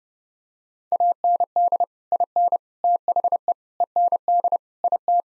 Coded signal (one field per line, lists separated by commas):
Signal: Morse code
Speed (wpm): 30 wpm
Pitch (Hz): 700 Hz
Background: none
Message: AND IN THE END IT